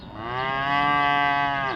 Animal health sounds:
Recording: contact call of a hoofed animal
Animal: cattle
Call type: low-frequency (closed-mouth) or high-frequency (open-mouth) call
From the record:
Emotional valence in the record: negative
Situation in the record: full separation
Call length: 1.76 s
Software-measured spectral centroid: 1650 Hz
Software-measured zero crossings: 2430 a second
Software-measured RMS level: -24 dBFS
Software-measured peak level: -10 dBFS

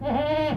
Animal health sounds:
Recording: contact call of a hoofed animal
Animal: goat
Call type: low-frequency (closed-mouth) or high-frequency (open-mouth) call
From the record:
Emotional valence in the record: negative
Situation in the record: food frustration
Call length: 0.57 s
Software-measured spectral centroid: 1450 Hz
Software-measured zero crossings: 1250 a second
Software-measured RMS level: -24 dBFS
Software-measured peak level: -14 dBFS

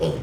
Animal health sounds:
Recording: contact call of a hoofed animal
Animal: pig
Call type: closed-mouth grunt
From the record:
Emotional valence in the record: negative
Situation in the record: short social isolation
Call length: 0.24 s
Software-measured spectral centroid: 1920 Hz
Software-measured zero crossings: 1150 a second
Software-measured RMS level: -24 dBFS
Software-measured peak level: -12 dBFS

